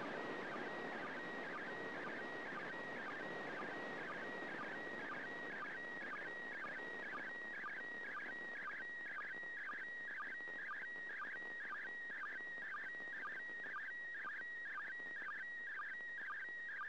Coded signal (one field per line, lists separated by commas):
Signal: SSTV (slow-scan television)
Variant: PD 120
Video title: 1st Second Pass.Slow Scan Television (SSTV) images transmitted from the International Space Station